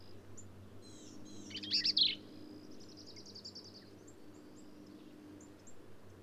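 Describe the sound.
Black-capped vireo song, a single harsh, scratchy high phrase, with faint thin whistles and a low steady hum behind.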